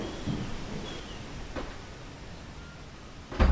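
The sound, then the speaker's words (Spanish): A steady, low rumbling hiss runs throughout with a couple of faint knocks, then a sudden loud, heavy thud right at the end as a door shuts inside a house. “Al final como que se cierra una puerta.”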